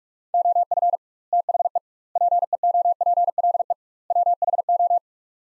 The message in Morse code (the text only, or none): OF THE PEOPLE WHO